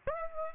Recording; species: mosquito wingbeat signal from an infrared sensor; Aedes aegypti